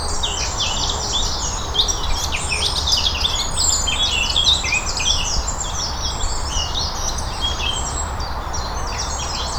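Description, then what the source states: Bird chorus with many overlapping high chirps and twittering phrases filling the whole stretch, backed by constant low environmental noise. Recorded on Cadbury Hill.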